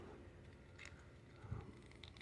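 A plastic part is being fitted onto a Masters of the Universe Origins Turtles of Grayskull Mini Deluxe Mer-Man action figure to change its look. Small, faint handling ticks and rustles sit over a low steady background hum, with brief ticks around 0.9, 2.0 and 2.2 seconds. The part has not snapped or seated yet when the clip ends.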